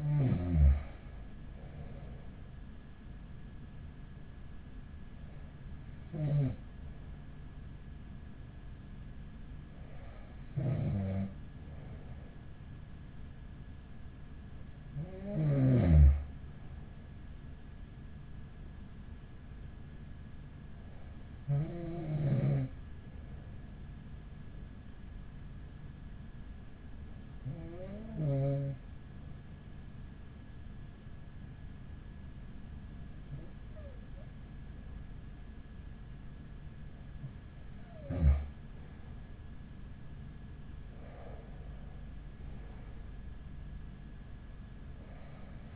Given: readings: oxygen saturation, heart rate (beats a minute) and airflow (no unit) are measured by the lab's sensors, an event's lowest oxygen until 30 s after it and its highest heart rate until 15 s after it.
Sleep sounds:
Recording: breathing in sleep by a smartphone at the bedside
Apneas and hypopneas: 1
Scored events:
23.00-40.10 s: hypopnea (N2, oxygen 95% highest, then 94% lowest, heart rate 41 at the start, 46 highest)
From the record:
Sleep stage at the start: N2 (light sleep)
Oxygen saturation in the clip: 94 to 95%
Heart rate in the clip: 39 to 44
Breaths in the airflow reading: 9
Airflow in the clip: -6.6 to 7.6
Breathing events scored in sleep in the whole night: 207 in 7.6 hours asleep

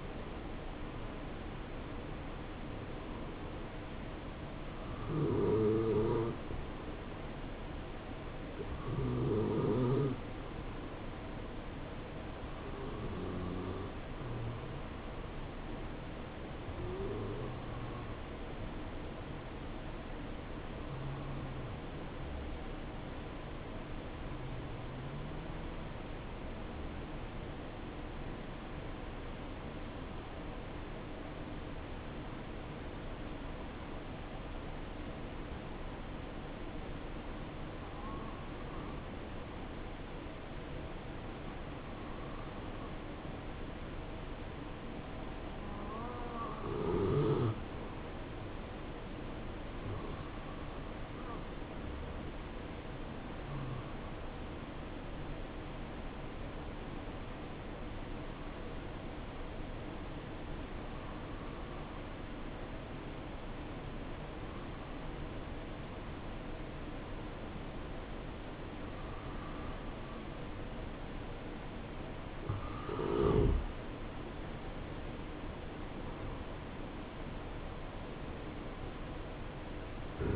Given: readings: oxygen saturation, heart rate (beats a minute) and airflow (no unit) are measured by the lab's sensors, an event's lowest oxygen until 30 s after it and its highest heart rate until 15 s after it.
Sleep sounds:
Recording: breathing in sleep by a voice recorder at the bedside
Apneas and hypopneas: 1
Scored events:
15.00-69.80 s: hypopnea (N2, oxygen 95% highest, then 90% lowest, heart rate 69 at the start, 70 highest)
From the record:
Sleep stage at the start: N2 (light sleep)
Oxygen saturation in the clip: 88 to 95%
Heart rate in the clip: 58 to 70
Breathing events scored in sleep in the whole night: 277 in 7.4 hours asleep

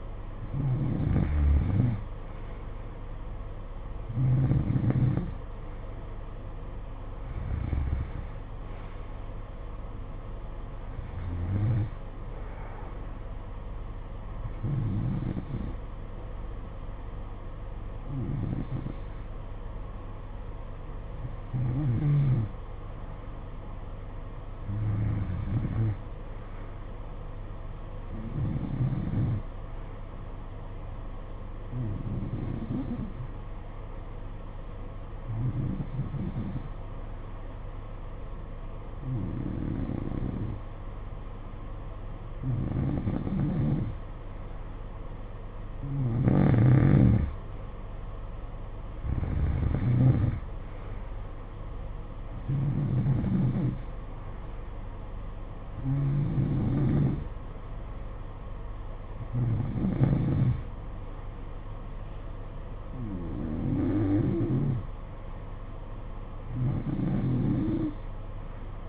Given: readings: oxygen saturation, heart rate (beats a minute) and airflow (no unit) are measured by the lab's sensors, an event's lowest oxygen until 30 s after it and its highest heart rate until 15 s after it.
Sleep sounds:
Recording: breathing in sleep by a smartphone at the bedside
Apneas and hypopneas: 1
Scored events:
1.00-68.88 s: new sleep stage, N3 (deep sleep)
33.00-46.90 s: hypopnea (N3, oxygen 93% highest, then 90% lowest, heart rate 57 at the start, 63 highest)
From the record:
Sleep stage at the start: N2 (light sleep)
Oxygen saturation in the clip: 90 to 93%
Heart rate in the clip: 53 to 63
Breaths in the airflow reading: 20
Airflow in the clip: -9.0 to 7.4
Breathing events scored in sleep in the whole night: 476 in 9.7 hours asleep

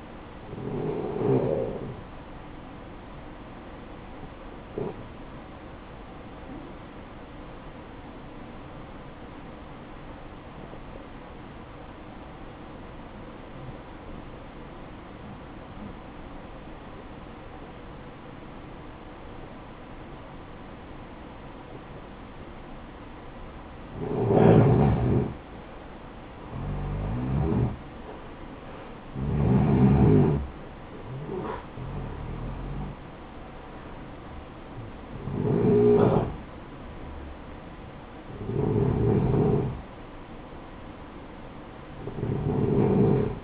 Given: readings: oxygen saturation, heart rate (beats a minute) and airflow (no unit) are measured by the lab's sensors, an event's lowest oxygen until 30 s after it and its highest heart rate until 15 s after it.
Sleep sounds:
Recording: breathing in sleep by a voice recorder at the bedside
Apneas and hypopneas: 1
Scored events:
5.00-24.70 s: hypopnea (N1, oxygen 94% highest, then 89% lowest, heart rate 53 at the start, 71 highest)
From the record:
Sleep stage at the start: N1 (lightest sleep)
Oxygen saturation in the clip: 87 to 94%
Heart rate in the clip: 53 to 71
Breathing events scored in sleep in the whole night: 573 in 9.8 hours asleep

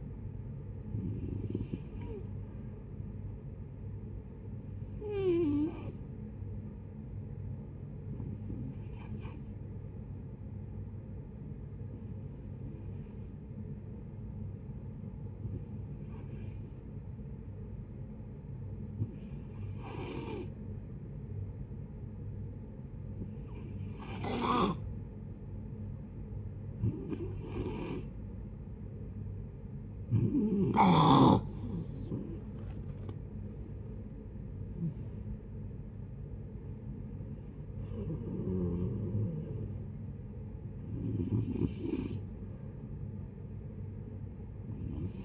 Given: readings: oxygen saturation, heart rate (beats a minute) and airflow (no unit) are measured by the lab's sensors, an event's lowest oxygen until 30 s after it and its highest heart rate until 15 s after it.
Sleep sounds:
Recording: breathing in sleep by a smartphone at the bedside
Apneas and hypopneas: 1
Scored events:
5.00-29.10 s: hypopnea (N1, oxygen 95% highest, then 90% lowest, heart rate 74 at the start, 79 highest)
12.00-45.25 s: new sleep stage, N2 (light sleep)
From the record:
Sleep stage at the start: N1 (lightest sleep)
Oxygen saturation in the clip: 88 to 95%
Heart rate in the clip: 55 to 79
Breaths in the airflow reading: 12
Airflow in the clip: -13.6 to 11.5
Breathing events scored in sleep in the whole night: 496 in 5.4 hours asleep

